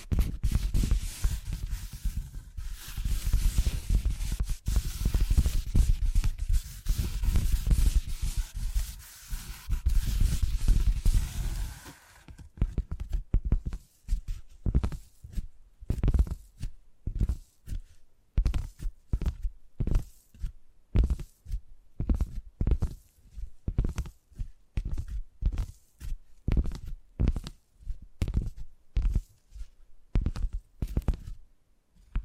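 Tapping sounds, starting as a dense, continuous rustling clatter with a heavy low thud for the first twelve seconds. Then it breaks into distinct, crisp taps, each a sharp hit with a deep body, repeating about twice a second, sometimes in quick pairs.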